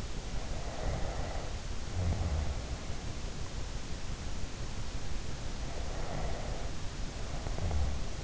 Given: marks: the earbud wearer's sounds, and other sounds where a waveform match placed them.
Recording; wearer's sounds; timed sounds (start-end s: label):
sounds in sleep by an in-ear microphone; snoring breath
0.52-2.82 s: snoring breath
5.49-8.24 s: snoring breath